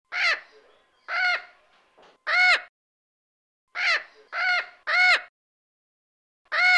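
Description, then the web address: Crow caws, loud harsh arched calls in two groups of three, then a single caw. Each caw lasts about half a second, with silence between groups. "kasino vrana"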